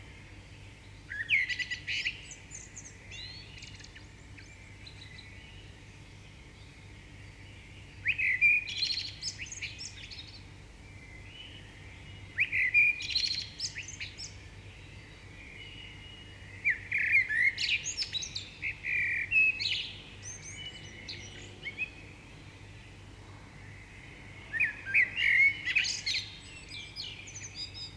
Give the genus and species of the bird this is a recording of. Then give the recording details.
Turdus merula. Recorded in the wild. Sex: male. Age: adult. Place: Bielefeld-Mitte, Nordrhein-Westfalen, DE. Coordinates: 52.0072, 8.54694. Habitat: residential district. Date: 1969-04-07. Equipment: Uher 4000 Report-S, Bändchenmikro Beyer M 260, Parabolspiegel Polyester (470 mm). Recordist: Conrads, Klaus